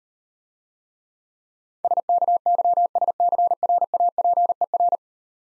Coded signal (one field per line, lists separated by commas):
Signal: Morse code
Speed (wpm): 40 wpm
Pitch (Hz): 700 Hz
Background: none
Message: SKYSCRAPER